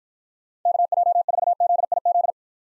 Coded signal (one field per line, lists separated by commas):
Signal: Morse code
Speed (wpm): 50 wpm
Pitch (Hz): 700 Hz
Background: none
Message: KJ4ZIZ